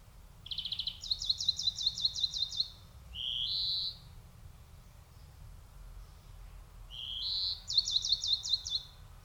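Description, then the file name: European greenfinch: rapid chattering trills mixed with drawn-out buzzy wheezing notes, in two bouts separated by a quiet pause. "Chloris chloris"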